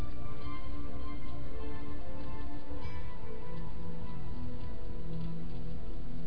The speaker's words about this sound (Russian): На улице моросил дождь и гулял ветер, грохоча листами железа на крыше.